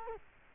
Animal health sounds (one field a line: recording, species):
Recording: mosquito wingbeat signal from an infrared sensor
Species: Culex quinquefasciatus